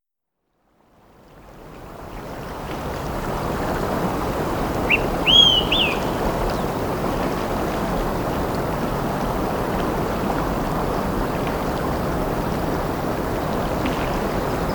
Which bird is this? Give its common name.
Olive-sided Flycatcher